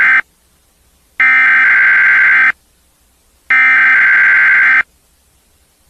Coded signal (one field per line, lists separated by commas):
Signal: Emergency Alert System (SAME) tones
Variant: header bursts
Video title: Eas scenario, World War III part 1